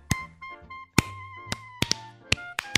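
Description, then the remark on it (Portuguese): A handful of uneven, unsynchronized claps, about eight sharp hand slaps spaced irregularly with pauses between them, over a faint steady hum and no talking. “aplausos sem sincronia.”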